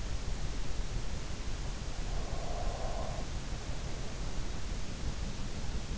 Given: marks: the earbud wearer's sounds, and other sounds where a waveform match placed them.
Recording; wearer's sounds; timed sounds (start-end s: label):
sounds in sleep by an in-ear microphone; breath
1.76-4.75 s: breath